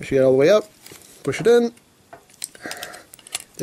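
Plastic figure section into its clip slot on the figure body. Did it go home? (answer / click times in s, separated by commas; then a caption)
yes / 3.4 s. Someone talks while swinging a section of a plastic robot action figure up and pushing it into its clip slot on the figure body, then a few light plastic clicks and taps follow as it is worked in after one fumble. A sharp snap at 3.4 s marks the section clipping into place, and it is seated.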